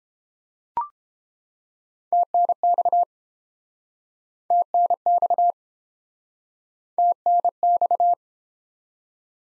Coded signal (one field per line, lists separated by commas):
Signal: Morse code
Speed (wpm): 32 wpm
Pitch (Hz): 700 Hz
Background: none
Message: TNX TNX TNX